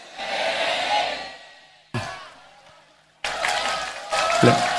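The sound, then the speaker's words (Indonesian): An audience at a religious study gathering breaks into bursts of clapping, a dense wash that fades, returns abruptly, then swells louder toward the end, with voices mixed in underneath. “Ojo tepuk tangan kok malaikate gak sida nahan iki kok.”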